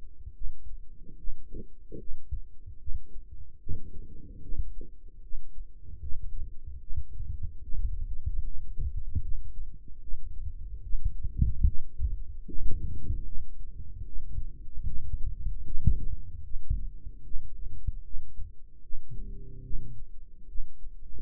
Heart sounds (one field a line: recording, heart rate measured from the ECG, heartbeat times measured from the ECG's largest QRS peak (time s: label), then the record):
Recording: heart sounds by microphone in the right ear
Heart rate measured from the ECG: 74 bpm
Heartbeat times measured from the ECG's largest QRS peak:
0.34 s: heartbeat
1.17 s: heartbeat
1.98 s: heartbeat
2.79 s: heartbeat
3.60 s: heartbeat
4.42 s: heartbeat
5.22 s: heartbeat
6.01 s: heartbeat
6.80 s: heartbeat
7.62 s: heartbeat
8.43 s: heartbeat
9.22 s: heartbeat
10.01 s: heartbeat
10.83 s: heartbeat
11.65 s: heartbeat
12.45 s: heartbeat
13.25 s: heartbeat
14.06 s: heartbeat
14.86 s: heartbeat
15.65 s: heartbeat
16.44 s: heartbeat
17.24 s: heartbeat
18.04 s: heartbeat
18.83 s: heartbeat
19.63 s: heartbeat
20.48 s: heartbeat
From the record:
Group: healthy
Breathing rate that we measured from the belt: 18 breaths a minute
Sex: male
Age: 55 years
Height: 167 cm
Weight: 57.2 kg